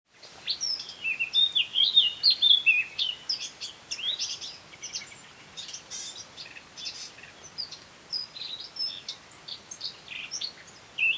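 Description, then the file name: Eurasian blackcap: energetic warbling phrases at the start, then irregular high chirps and short notes spread through the rest, a faint hiss behind. "Sylvia atricapilla"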